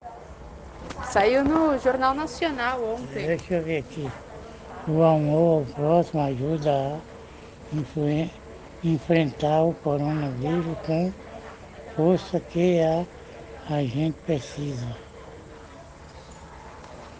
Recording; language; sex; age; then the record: spoken sentence; Brazilian Portuguese; male; 70 to 79 years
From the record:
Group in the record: respiratory insufficiency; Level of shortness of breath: 5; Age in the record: 78 years